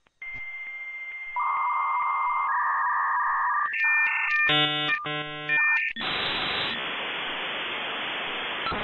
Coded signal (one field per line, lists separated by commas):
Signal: dial-up modem handshake